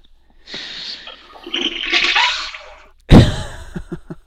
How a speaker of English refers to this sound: Well, you heard the Mandel toilet flush. Yeah, you could hear it there.